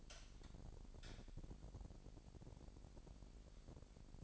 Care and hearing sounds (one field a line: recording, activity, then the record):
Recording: daily activity, microphone in the room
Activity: light on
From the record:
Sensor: 5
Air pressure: 1012.0 hPa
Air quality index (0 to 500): 248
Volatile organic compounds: 4 ppm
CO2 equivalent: 1698 ppm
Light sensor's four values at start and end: 37/87/36/38 and 39/92/38/40